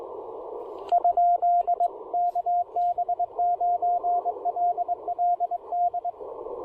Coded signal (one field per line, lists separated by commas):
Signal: Morse code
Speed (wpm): 19 wpm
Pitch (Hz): 690 Hz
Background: radio noise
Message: ? KB9LLD